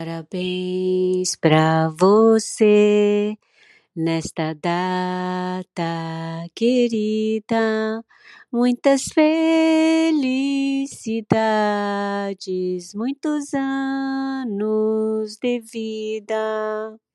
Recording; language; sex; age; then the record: short text; Brazilian Portuguese; female; 60 to 69 years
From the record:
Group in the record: control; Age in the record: 63 years